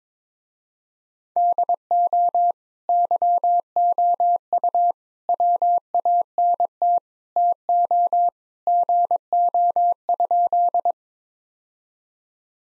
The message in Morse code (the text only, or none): DO YOU WANT TO GO?